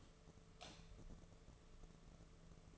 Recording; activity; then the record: daily activity, microphone in the room; light off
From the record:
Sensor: 4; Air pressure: 1015.6 hPa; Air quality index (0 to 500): 183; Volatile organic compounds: 8 ppm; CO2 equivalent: 2113 ppm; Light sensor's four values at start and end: 23/56/23/25 and 22/53/22/24